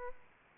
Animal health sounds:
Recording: mosquito wingbeat signal from an infrared sensor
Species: Aedes aegypti

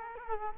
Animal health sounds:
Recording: mosquito wingbeat signal from an infrared sensor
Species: Culex quinquefasciatus

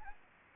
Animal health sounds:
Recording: mosquito wingbeat signal from an infrared sensor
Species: Anopheles gambiae

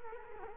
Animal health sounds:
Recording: mosquito wingbeat signal from an infrared sensor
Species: Culex quinquefasciatus

